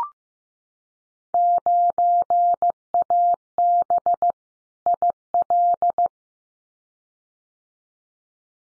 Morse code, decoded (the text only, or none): 9AB IL